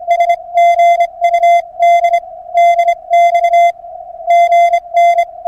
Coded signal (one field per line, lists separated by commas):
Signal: Morse code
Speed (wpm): 26 wpm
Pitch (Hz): 690 Hz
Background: radio noise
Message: S GU D D X GN